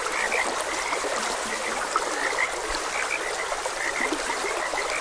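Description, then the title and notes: Frog chorus of overlapping chirps and a few deeper croaks, with steady stream water flowing behind. Frogs croaking beside a gentle stream. "Gentle Stream and Frogs Croaking. Sleep and Relaxation Podcast"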